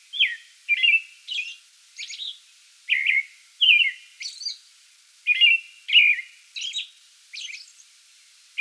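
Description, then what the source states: American robin caroling: a string of whistled phrases separated by short pauses, mixed with thin high-pitched notes. Pre-dawn song bout, recorded 8 May 2022.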